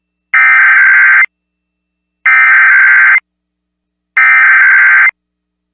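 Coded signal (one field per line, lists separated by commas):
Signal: Emergency Alert System (SAME) tones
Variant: header bursts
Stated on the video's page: Nebraska statewide Required Monthly Test, shown with a WeatherSTAR 4000.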